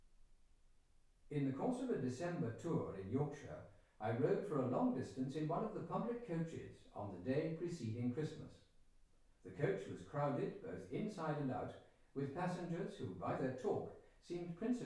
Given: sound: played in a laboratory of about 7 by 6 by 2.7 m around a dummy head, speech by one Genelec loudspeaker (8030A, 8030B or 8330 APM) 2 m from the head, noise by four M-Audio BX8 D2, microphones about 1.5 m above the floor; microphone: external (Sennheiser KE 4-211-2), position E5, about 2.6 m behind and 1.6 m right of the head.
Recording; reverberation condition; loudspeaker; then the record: male speech in English; medium; 90 degrees to the right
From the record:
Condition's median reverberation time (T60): about 510 ms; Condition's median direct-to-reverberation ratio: about -0.5 dB